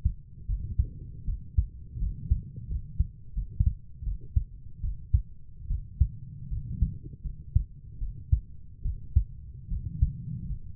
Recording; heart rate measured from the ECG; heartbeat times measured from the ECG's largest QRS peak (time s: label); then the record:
heart sounds by stethoscope; 78 bpm
0.47 s: heartbeat
1.26 s: heartbeat
2.00 s: heartbeat
2.69 s: heartbeat
3.35 s: heartbeat
4.05 s: heartbeat
4.82 s: heartbeat
5.68 s: heartbeat
6.50 s: heartbeat
7.23 s: heartbeat
7.99 s: heartbeat
8.83 s: heartbeat
9.69 s: heartbeat
10.48 s: heartbeat
From the record:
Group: healthy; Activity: cold pressor test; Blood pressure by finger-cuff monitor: 99/46 mmHg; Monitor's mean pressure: 66 mmHg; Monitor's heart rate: 79 bpm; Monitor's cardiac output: 8.5 L/min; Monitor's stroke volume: 108 mL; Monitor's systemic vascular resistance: 560 dyn s/cm5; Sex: female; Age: 22 years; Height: 160 cm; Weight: 63 kg